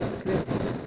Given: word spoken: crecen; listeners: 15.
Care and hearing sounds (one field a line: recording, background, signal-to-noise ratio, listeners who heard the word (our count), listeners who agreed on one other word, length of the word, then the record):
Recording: one Spanish word in noise, from a listening test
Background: noise modulated by three-talker babble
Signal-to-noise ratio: -6.5 dB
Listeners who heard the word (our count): 0 of 15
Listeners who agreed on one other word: 6 of 15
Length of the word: 0.47 s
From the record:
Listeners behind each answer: 6, 2, 1, 1, 1, 1, 1, 1, 1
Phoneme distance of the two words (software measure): 7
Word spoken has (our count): 2 syllables, 6 phonemes, stress on syllable 1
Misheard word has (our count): 2 syllables, 5 phonemes, stress on syllable 1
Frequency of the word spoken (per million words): 10.16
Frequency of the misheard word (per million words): 21.02